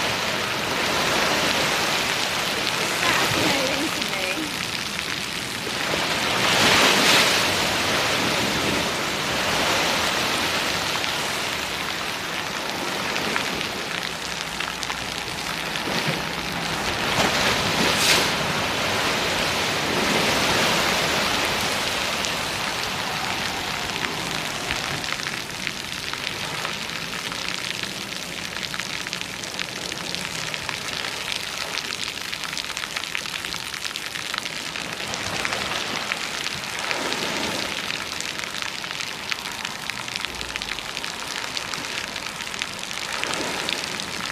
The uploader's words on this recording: The Atlantic Ocean Meets the Seawall in Lynn, Massachusetts. A field recording made on location at Red Rock Park in Lynn, Massachusetts, with the turbulent Atlantic Ocean crashing against the big concrete seawall.